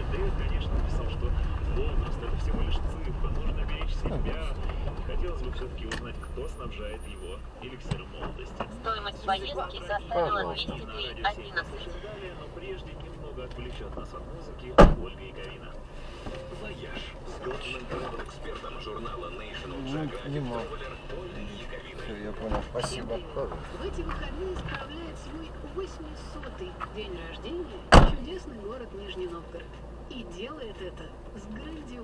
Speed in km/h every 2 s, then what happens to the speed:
16, 9, 8, 4, 0, 0, 0, 0, 0, 2, 0, 0, 0, 0, 0, 0.
0-7 slows to 0. 7-32 standing.